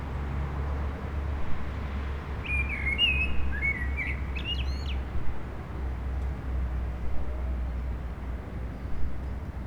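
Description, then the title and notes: Common blackbird singing one warbled whistled phrase followed by sharp high squeaky notes, then quiet except for continuous low traffic drone. Several blackbirds singing after sunset on a mild day, eve of the winter solstice, on Rue Jacques Cartier in Aix-les-Bains, France, with urban traffic. "Rue Jacques Cartier, 73100 Aix-les-Bains, Auvergne-Rhône-Alpes, France - Merle du solstice. En cette douce journée les merles commencent à chanter après le coucher du soleil, passages d'avions, circulation urbaine demain c'est le solstice d'hiver"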